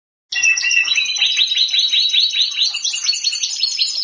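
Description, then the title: Canary singing a loud, continuous, high-pitched warbling trill of fast repeated notes, rising and falling slightly, filling the whole stretch after a short silent start. Champion canary song. "Kicau Burung Kenari Juara"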